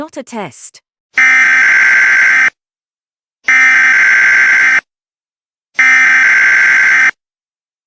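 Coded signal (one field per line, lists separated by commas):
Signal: Emergency Alert System (SAME) tones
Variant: header bursts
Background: speech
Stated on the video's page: Fictional mock EAS scenario, not a real alert.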